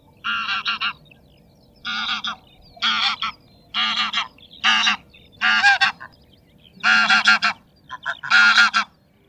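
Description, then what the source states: Greylag goose honks: a series of loud, harsh, nasal honks with short gaps between them. Recorded 5 December 2021.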